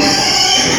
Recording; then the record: squeal of a Yucatan mini pig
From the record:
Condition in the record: before surgery on the right vocal fold (resection and tissue-engineered implant); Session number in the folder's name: 2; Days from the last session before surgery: 0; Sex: male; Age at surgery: 12 weeks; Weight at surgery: 13 kg